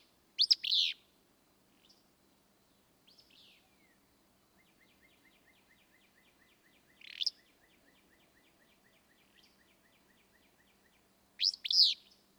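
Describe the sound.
Willow flycatcher giving three sneezy, burry song phrases, with a long, fast series of faint high ticks between them.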